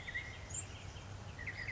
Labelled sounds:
Western Flycatcher (Empidonax difficilis)
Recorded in Sonoma County, California

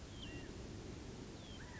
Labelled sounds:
California Quail (Callipepla californica)
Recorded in Sonoma County, California

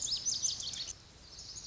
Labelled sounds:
Lazuli Bunting (Passerina amoena)
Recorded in Sonoma County, California

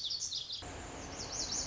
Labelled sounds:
Lazuli Bunting (Passerina amoena)
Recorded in Sonoma County, California

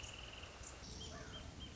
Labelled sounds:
Wrentit (Chamaea fasciata)
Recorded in Sonoma County, California

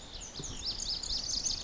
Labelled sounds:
Lazuli Bunting (Passerina amoena)
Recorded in Sonoma County, California

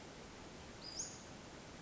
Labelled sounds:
Western Flycatcher (Empidonax difficilis)
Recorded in Sonoma County, California

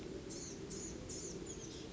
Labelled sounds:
Blue-gray Gnatcatcher (Polioptila caerulea)
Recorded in Sonoma County, California

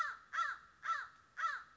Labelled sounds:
American Crow (Corvus brachyrhynchos)
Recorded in Sonoma County, California

